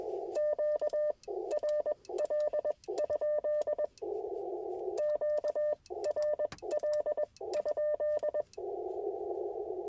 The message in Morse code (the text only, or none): QRL? QRL?